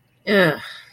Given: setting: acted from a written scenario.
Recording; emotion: vocal sound without words; contempt